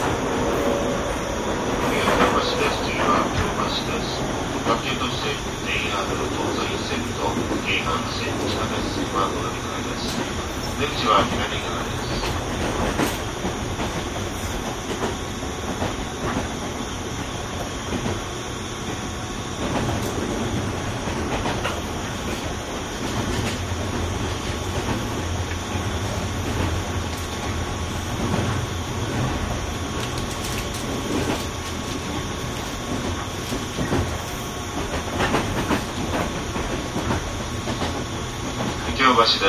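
A commuter train rolls steadily along, its dense low rumble and motor whine broken by wheel clicks, with faint voices inside the carriage.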